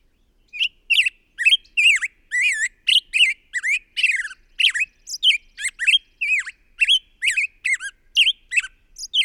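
Bird song: a long, steady series of varied squeaky, whistled and warbling notes, roughly two to three per second, each with rich overtones.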